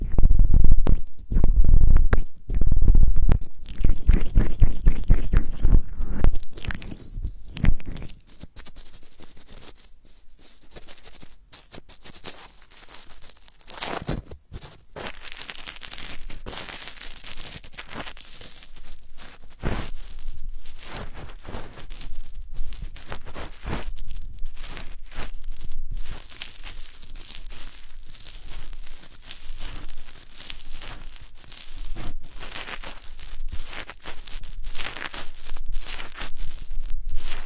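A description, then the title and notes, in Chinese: Vigorous rubbing right against a microphone ear, loud. The first eight seconds are dense, heavy thumping scrubs; after that it drops to softer, steady scratchy rustling and crinkling with occasional sharper brushes, continuing to the end. 暴力搓耳。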